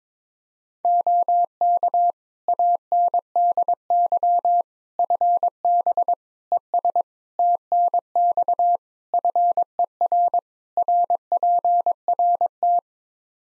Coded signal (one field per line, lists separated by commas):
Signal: Morse code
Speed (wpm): 22 wpm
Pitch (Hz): 700 Hz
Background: none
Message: OK ANDY FB ES TNX FER RPRT